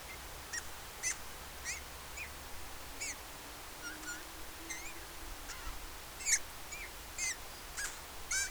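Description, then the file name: Eurasian bullfinch calls: short piping notes repeated many times, with a steady low hum beneath. "Pyrrhula pyrrhula"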